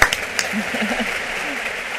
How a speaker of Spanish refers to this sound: Nosotros andamos muy bien y te vamos a dedicar este aplauso. ¡Bravo!